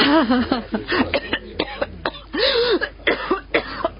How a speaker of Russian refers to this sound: Нестерпимый кашель продолжался минут пять. На платке осталось несколько крови, на лбу выступили капли пота.